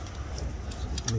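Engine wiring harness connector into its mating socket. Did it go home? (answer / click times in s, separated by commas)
no / none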